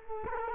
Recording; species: mosquito wingbeat signal from an infrared sensor; Culex quinquefasciatus